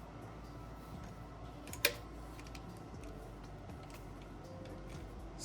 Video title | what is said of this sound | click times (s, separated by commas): M1 Carbine: A War Time Legend Disassembled and Reassembled | snapping everything into place | 1.9 s